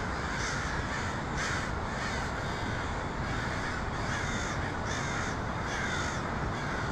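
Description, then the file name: Many crows giving harsh caws that overlap continuously, with occasional stronger bursts, under constant rushing noise. Crows in Portland on 23 October 2018. "pdx crows 2018-10-23"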